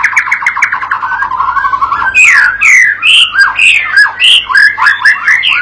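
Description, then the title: White-rumped shama song: a rapid rattling series of notes, then loud varied whistled and squawky phrases repeated in quick succession. Masteran (training) recording used to teach and provoke a young shama (paud) to sing energetically (gacor); meant to draw an immediate reply. "MURAI BATU PAUD BELAJAR GACOR, AJARI DENGAN MASTERAN PANCINGAN INI, PANCING LANGSUNG NYAUT"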